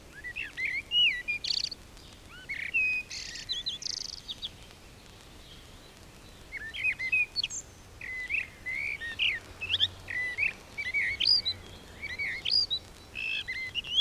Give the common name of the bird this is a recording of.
Common Blackbird